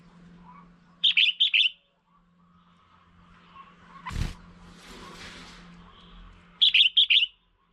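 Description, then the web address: Red-whiskered bulbul calls: a quick bright three-note burst, repeated about six seconds later, with a single sharp thump in between and a low hum beneath. Female. "tieng chao mao mai. tieng dong vat"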